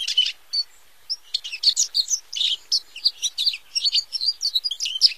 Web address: Songs of Birds of North America Stokes. Lawrences Goldfinch